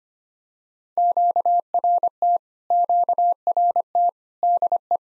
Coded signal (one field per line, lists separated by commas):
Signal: Morse code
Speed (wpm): 25 wpm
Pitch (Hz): 700 Hz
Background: none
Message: QRT QRT DE